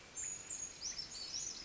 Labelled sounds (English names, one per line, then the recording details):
Brown Creeper
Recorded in Sonoma County, California